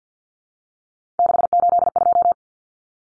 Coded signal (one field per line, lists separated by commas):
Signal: Morse code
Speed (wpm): 50 wpm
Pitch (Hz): 700 Hz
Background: none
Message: 682